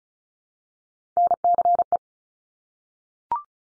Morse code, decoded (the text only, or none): NCE